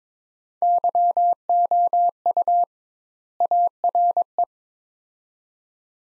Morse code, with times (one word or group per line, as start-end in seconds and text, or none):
0.6-2.6 YOU
3.4-4.4 ARE